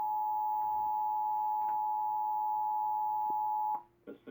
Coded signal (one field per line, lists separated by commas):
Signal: Emergency Alert System (SAME) tones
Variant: 853 and 960 Hz attention tone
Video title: EAS Child Abduction Emergency caught on camera (EAS #9) (Failed Glitch)